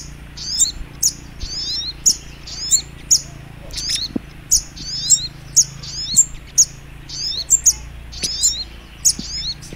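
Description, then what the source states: Little Spiderhunter song: shrill chirped phrases repeated about once a second. Training (masteran) song in the Labaik style.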